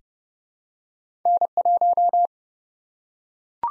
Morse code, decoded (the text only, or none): N1